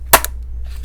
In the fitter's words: you can hear the click